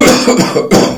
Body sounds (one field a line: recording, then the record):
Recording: coughing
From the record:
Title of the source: Spring Cold Coughing 3